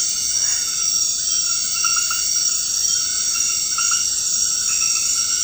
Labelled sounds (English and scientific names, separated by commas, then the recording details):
none
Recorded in dense forest near Puerto Asís, Putumayo, Colombia, on 19 February 2024 at 23:00
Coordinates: 0.472, -76.329
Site G6394